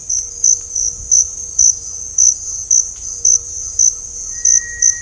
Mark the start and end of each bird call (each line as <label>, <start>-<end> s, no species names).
bird call, 0.45-5.01 s